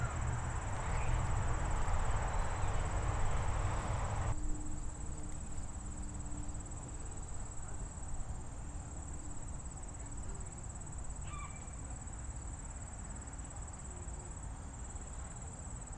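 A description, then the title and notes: Sounds from Land's Sake Farm in Weston, MA: a loud, rushing rumble like a passing vehicle fills the first four seconds, then cuts off abruptly to a quieter, steady hiss. A thin, high whine runs throughout, with a couple of brief chirps around eleven seconds. Sounds of Land's Sake Farm in Weston, MA. On a busy Saturday.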